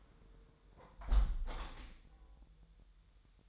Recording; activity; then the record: daily activity, microphone in the room; close window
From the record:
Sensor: 3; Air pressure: 999.9 hPa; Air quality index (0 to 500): 224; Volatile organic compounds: 92 ppm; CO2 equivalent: 3698 ppm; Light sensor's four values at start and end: 10/23/10/9 and 9/22/9/9